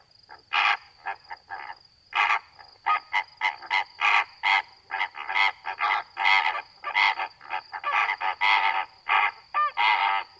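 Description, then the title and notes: Greater flamingo calls, a dense flock chorus of loud goose-like honks in rapid irregular succession, with a steady high tone behind. Flock feeding calmly at night, standing in water halfway up their legs, occasionally calling; edge of Étang de Vaccarès, Camargue, France; 4 September 2020, 23:10; windless night; Nagra Seven, B&K omni microphone. "Etang de Vaccares - Camargue. Flamant rose ( Phoenicopterus ruber )"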